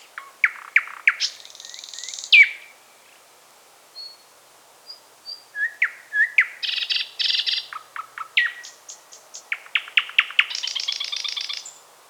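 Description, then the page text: Thrush nightingale song: loud varied phrases of sharp clicks, pure whistled notes and harsh buzzy rattles, delivered in rapid bursts with brief pauses. "Thrush Nightingale Song. Quick Sounds"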